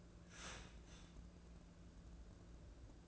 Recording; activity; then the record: daily activity, microphone in the room; start toaster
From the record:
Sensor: 2